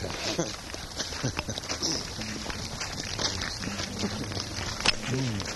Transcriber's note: chuckles